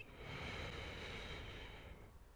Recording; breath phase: one breath near a microphone; inhalation